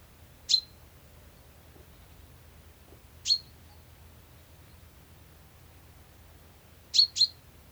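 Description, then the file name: Common chaffinch giving sharp, high, clipped call notes, single ones spaced a few seconds apart then a quick double, in otherwise quiet surroundings. "Fringilla coelebs"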